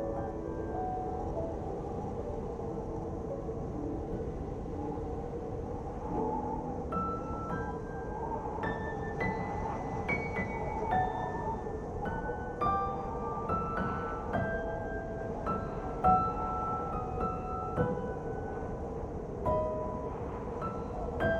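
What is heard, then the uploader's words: A steady, dense roar of blizzard wind runs low and unbroken through the whole clip. Over it, soft music holds a sustained low drone, and from about seven seconds in, slow chiming bell-like notes ring out one at a time at irregular intervals. SNOWSTORM Sound and Relaxing MUSIC. This episode offers you the sound of a winter blizzard accompanied by soft music.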